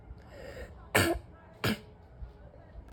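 A child's barky cough: two short, harsh, loud bursts about 0.7 seconds apart.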